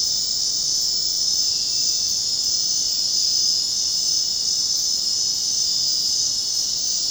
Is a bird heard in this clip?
no